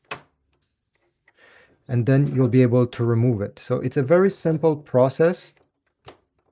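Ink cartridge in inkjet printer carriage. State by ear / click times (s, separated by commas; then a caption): released / 0.1 s. A finger presses on the top of an ink cartridge installed in the carriage of an HP Envy 6155e inkjet printer, and a sharp click at 0.1 s marks the latch releasing. The cartridge unlatches so it can be removed, then someone talks, and a short tap follows near 6.1 s.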